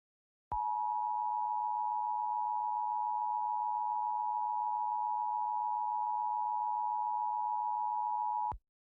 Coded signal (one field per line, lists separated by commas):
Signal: Emergency Alert System (SAME) tones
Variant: 853 and 960 Hz attention tone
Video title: Green Virus Part III (+ The Frustrated Kitty, MistfulSkye, Dark Deception Gamer) (EAS Scenario)